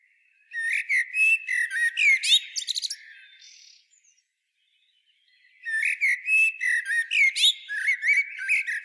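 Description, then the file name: Common blackbird singing two phrases of mellow warbles and thin, high twitters, separated by a short silent gap. "Turdus merula"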